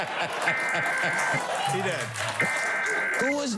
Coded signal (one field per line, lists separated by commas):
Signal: Emergency Alert System (SAME) tones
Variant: header bursts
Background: speech